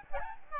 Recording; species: mosquito wingbeat signal from an infrared sensor; Aedes albopictus